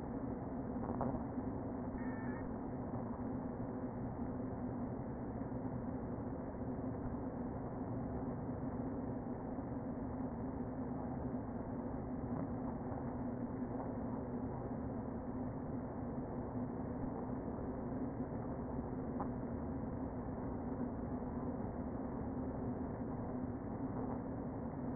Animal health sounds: honeybee colony, microphone inside the hive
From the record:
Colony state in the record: queen present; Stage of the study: before two queens were removed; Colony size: about 60,000 bees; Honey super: yes

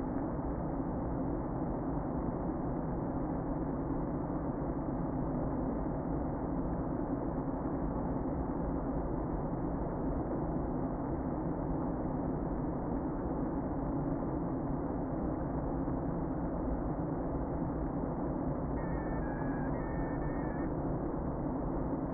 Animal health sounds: honeybee colony, microphone inside the hive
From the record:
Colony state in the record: queen present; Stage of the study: before two queens were removed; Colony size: about 60,000 bees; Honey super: yes

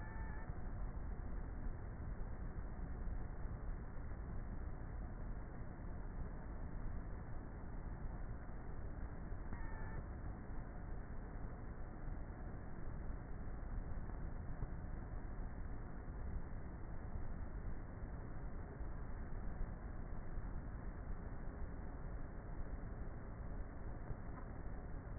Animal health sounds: honeybee colony, microphone inside the hive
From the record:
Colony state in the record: queenless with a low population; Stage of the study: before two queens were removed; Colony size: about 30,000 bees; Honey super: no

